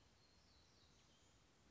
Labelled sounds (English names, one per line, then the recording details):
Black-throated Gray Warbler
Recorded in Sonoma County, California